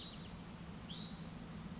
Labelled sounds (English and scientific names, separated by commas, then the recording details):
Hutton's Vireo (Vireo huttoni)
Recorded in Sonoma County, California